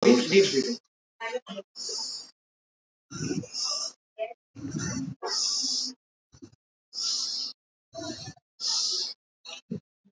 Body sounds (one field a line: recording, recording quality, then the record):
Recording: deep breathing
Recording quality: excellent, no background noise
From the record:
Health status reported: respiratory illness, not identified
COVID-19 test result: not tested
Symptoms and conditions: asthma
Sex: female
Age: 46 years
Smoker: not ticked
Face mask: worn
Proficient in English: yes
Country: India